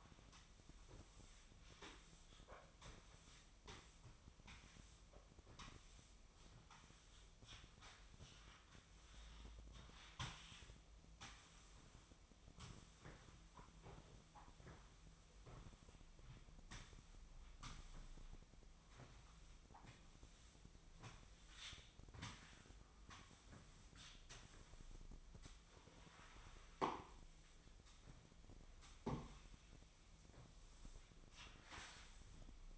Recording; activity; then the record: daily activity, microphone in the room; sweep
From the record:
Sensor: 1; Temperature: 24.0 degrees Celsius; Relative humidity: 35.2%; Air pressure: 1004.7 hPa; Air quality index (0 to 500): 97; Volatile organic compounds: 3 ppm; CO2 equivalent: 1324 ppm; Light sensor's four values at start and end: 9/21/8/9 and 9/22/8/9